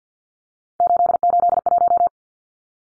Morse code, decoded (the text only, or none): 881